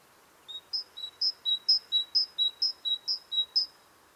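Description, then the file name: Great tit song: a bright two-note phrase of higher and lower notes, repeated quickly about seven times in a steady see-saw rhythm, over faint background hiss. "Parus major"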